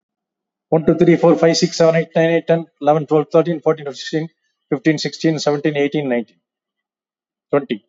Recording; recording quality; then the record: counting at a fast pace; excellent, no background noise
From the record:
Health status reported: COVID-19 positive, mild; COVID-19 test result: positive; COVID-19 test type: RT-PCR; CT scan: taken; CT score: 3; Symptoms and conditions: cold, fatigue, loss of smell and taste, hypertension, diabetes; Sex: male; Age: 76 years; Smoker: no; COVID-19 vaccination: both doses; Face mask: worn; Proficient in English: yes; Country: India